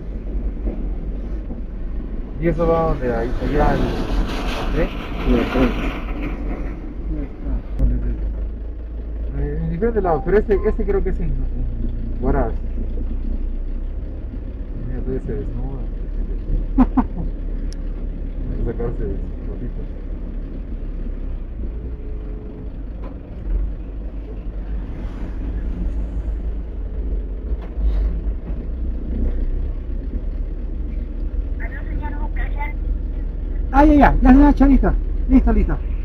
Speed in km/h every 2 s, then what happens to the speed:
6, 6, 4, 0, 1, 2, 2, 3, 4, 4, 4, 2, 0, 3, 3, 3, 4, 4.
0-5 slows to 0. 5-12 standing. 12-21 steady at about 4. 21-25 standing. 25-36 steady at about 3.